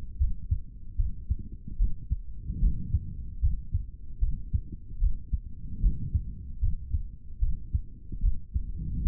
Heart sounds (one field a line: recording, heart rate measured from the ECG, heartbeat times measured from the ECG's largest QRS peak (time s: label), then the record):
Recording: heart sounds by stethoscope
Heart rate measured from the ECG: 75 bpm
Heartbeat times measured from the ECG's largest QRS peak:
0.18 s: heartbeat
0.97 s: heartbeat
1.77 s: heartbeat
2.60 s: heartbeat
3.41 s: heartbeat
4.20 s: heartbeat
4.99 s: heartbeat
5.80 s: heartbeat
6.60 s: heartbeat
7.40 s: heartbeat
8.21 s: heartbeat
9.03 s: heartbeat
From the record:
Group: healthy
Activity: rest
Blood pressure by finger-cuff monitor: 122/86 mmHg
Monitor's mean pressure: 97 mmHg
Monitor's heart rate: 74 bpm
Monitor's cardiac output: 3.5 L/min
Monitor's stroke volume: 47 mL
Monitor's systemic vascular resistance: 2040 dyn s/cm5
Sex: male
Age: 55 years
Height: 167 cm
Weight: 57.2 kg